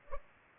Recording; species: mosquito wingbeat signal from an infrared sensor; Culex pipiens